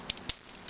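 The double booster pack of a Yamato 1/60 scale VT-1 Super Ostrich transforming plastic toy is pushed into the toy's back, lining up with holes on a peg on the top part. Sharp snaps are heard at 0.1 s and 0.3 s, followed by quieter ticks. The booster pack snaps in and is seated firmly, not going anywhere.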